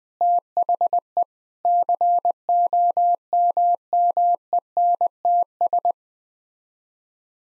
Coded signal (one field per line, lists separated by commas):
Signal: Morse code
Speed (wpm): 20 wpm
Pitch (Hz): 700 Hz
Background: none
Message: THE COMMENTS